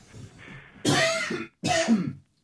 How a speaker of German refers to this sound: Aber ich bin hier nicht, um Werbung zu machen, außerdem muss ich husten.